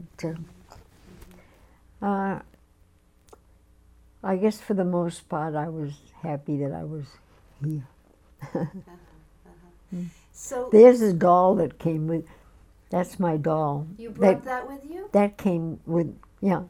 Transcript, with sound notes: But, I guess for the most part I was happy that I was here. (she laughs)
So...
There's the doll that came with. That my doll.
You brought that with you?
That, that came with, yeah.